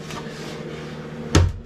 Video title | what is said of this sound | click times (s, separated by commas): #36 On part vivre dans un hangar! #nomade #vanlife | ça fait clic | 1.4 s